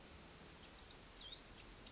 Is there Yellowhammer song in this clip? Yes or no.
no